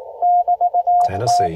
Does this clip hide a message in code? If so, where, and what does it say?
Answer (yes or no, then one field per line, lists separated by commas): yes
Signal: Morse code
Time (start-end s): 0.2-1.5 s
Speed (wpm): 18 wpm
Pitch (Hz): 710 Hz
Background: speech, radio noise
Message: <BT>T